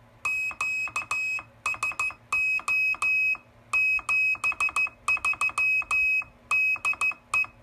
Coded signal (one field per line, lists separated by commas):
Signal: Morse code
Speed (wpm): 14 wpm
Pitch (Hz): 2550 Hz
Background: none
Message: QSO 73 DE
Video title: Fish Soup 7 QRP Rig -- Before VFO was added